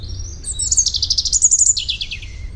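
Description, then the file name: European robin song phrase: a high thin note leads into a rapid, very high trill of repeated pulses that slides downward and fades, with faint low rumble beneath. "Erithacus rubecula"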